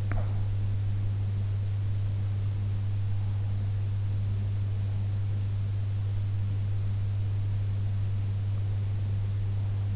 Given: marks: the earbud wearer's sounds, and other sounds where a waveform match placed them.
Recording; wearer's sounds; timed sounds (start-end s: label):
sounds in sleep by an in-ear microphone; swallowing
0.00-0.43 s: swallowing